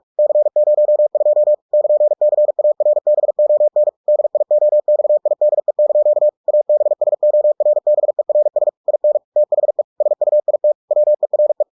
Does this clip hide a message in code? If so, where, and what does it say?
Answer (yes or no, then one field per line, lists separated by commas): yes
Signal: Morse code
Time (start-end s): 0.2-11.6 s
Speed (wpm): 46 wpm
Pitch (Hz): 600 Hz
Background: none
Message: C02 <KN>CARBON DIOXIDE) ABSORBERS IN THE SUIT WERE